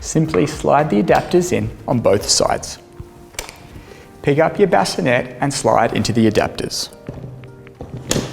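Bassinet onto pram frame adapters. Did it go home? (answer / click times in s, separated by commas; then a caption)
yes / 8.1 s. Someone talks over background music while a COSY bassinet (compatible with AERON and ONIX prams) is lowered and slid onto the plastic adapters fitted on both sides of the pram frame, with a brief sharp knock near 3.4 s. Softer contact taps at about 7.4 to 7.8 s lead to a strong click at 8.1 s as the bassinet seats into the adapters.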